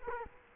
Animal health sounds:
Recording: mosquito wingbeat signal from an infrared sensor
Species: Culex quinquefasciatus

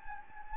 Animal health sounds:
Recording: mosquito wingbeat signal from an infrared sensor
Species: Anopheles gambiae

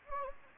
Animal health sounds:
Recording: mosquito wingbeat signal from an infrared sensor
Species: Anopheles gambiae

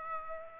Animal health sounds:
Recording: mosquito wingbeat signal from an infrared sensor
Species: Aedes aegypti

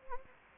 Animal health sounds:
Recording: mosquito wingbeat signal from an infrared sensor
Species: Anopheles gambiae

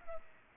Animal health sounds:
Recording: mosquito wingbeat signal from an infrared sensor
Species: Culex pipiens

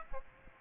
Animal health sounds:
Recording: mosquito wingbeat signal from an infrared sensor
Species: Aedes aegypti

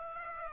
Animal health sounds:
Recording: mosquito wingbeat signal from an infrared sensor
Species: Aedes aegypti

